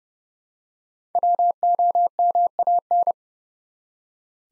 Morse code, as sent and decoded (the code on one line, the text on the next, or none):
.-- --- -- .- -.
WOMAN